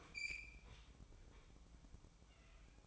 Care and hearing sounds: daily activity, microphone in the room; open fridge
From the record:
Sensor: 1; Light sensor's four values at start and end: 12/29/12/13 and 12/29/12/13

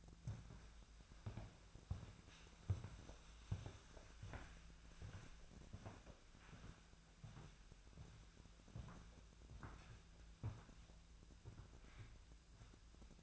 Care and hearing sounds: daily activity, microphone in the room; walk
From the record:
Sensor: 2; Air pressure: 1008.3 hPa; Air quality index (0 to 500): 179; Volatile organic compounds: 10 ppm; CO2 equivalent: 2210 ppm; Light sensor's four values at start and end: 15/36/15/16 and 14/35/15/16

